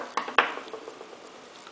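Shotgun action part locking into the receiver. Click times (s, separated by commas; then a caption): 0.4 s. The internal action of a Remington Model 10 shotgun is pushed forward by hand into the receiver. A smaller metallic tick comes at 0.2 s, then a sharp metallic clack at 0.4 s as it locks into place, followed by faint fading rattles. The action is seated back in position.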